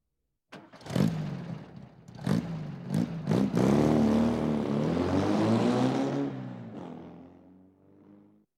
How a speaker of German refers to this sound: Er steigt in seinen schwarzen Sportwagen und fährt weg. Tolles Auto.